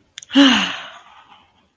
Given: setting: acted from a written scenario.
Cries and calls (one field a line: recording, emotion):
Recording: vocal sound without words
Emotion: ecstasy